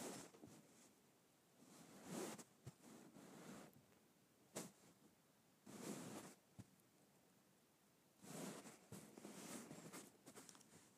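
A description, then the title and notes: Fabric being stroked in soft, hissy swishes that come in bursts, with a few sharp ticks and quiet pauses between strokes. Fabric Stroking.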